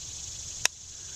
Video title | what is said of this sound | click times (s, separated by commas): Trap Sets The Step Down Set Modern Trapping Series Part 48 | you can actually pull that pan down until it clicks and then you know that it's ready to go now | 0.7 s